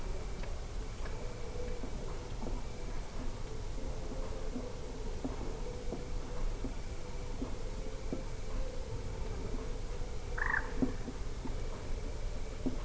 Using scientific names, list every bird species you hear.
Gallinula chloropus